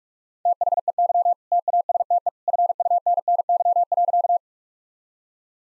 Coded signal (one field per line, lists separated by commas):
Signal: Morse code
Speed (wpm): 42 wpm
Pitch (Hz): 700 Hz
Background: none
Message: THEY TASTE FUNNY.